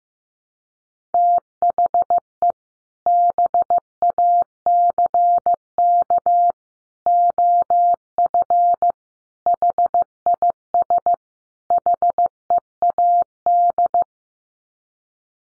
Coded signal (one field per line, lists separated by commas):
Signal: Morse code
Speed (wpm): 15 wpm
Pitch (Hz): 700 Hz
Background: none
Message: THE BACK OF HIS HEAD